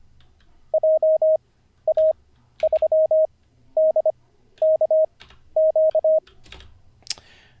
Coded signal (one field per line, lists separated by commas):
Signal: Morse code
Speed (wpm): 25 wpm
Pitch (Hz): 630 Hz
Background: none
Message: JA3DKQ